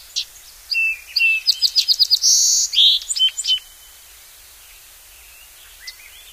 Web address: Songs of Birds of North America Know Your Bird Sounds. Song Sparrow